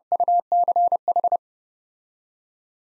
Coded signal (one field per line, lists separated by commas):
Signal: Morse code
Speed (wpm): 29 wpm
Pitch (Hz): 700 Hz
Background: none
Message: UCH